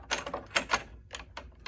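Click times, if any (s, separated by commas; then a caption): none. A metal rotary hook is wiggled back into the hook housing of a Bernina series 4-7 sewing machine, where a magnet will pull it home. Short, sharp metallic taps and rattles sound as it is worked into place, loudest at about 0.1, 0.6 and 0.7 seconds, with softer ones later. The clip ends before the hook snaps in, so nothing has seated yet.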